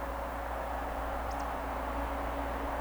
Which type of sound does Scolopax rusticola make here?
whistle